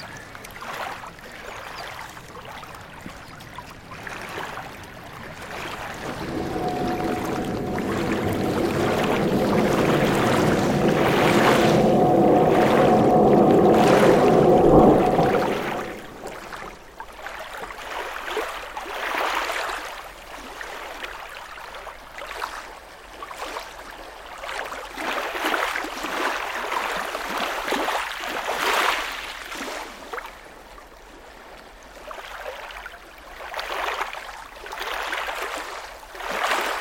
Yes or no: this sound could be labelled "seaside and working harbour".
yes